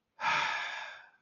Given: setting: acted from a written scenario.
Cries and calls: vocal sound without words; contempt

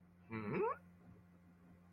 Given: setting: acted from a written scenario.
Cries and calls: vocal sound without words; confusion

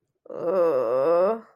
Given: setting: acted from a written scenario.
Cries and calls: vocal sound without words; embarrassment

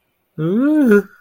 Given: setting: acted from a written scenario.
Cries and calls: vocal sound without words; ecstasy

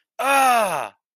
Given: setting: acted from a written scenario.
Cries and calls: vocal sound without words; pain

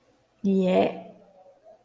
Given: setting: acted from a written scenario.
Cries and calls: vocal sound without words; disgust

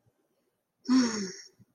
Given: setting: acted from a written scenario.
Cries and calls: vocal sound without words; serenity

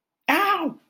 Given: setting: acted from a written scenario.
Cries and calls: vocal sound without words; pain

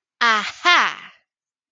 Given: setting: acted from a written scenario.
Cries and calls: vocal sound without words; realization

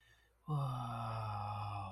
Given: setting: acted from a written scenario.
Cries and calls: vocal sound without words; serenity

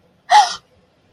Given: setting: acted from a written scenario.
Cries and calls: vocal sound without words; negative surprise

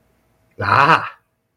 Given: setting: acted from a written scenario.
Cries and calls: vocal sound without words; triumph

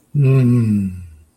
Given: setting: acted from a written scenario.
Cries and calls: vocal sound without words; serenity

